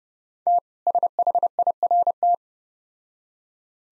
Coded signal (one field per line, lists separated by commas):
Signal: Morse code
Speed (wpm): 31 wpm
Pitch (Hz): 700 Hz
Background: none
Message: T SHIRT